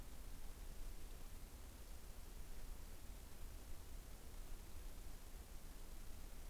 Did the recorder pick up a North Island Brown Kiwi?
no